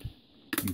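A plastic Flex I/O module is being removed from its base on a DIN rail. At 0.5 s the latch releases with a sharp click, followed by a few quick softer knocks as the module bounces up slightly. The latch is released and the module is free.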